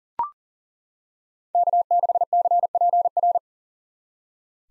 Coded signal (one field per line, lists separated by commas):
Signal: Morse code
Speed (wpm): 40 wpm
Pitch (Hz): 700 Hz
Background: none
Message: K6CPR